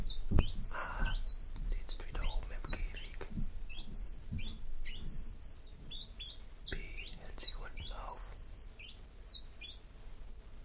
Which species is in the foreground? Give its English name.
Common Chiffchaff